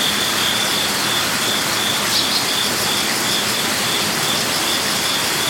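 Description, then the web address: Crickets, a constant high pulsed trill over an even rush of water. Night in a Zen garden with a water feature, Kyoto, Japan; crickets heard with a light water rush. "Lynne Music 2 Amb Crickets Water Rush Zen Garden Kyoto Japan"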